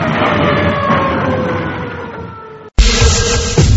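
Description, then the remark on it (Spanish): A police car siren blares loudly with steady, drawn-out wailing tones, cuts out abruptly for an instant, then resumes just as strong. No one speaks. “Váyase en la patrulla, porque si no se cae.”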